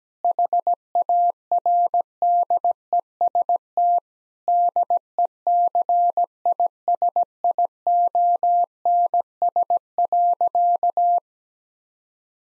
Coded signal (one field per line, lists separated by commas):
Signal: Morse code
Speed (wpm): 17 wpm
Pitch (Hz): 700 Hz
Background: none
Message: HARDEST DECISIONS.